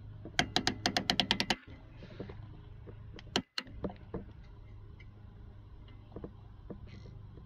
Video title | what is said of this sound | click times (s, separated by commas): How to change 2004 Mitsubishi Lancer ES gas cap | and it clicked and that's how you change your old | 0.4 s, 0.6 s, 1.1 s, 1.2 s, 1.3 s, 3.4 s